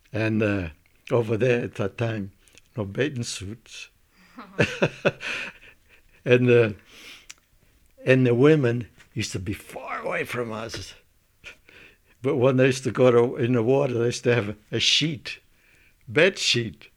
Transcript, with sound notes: And over there, at that time, no bathing suits, (laughs) and the, and the women used to be far away from us. But when they used to go to in the water, they used to have a, a sheet, bed sheet!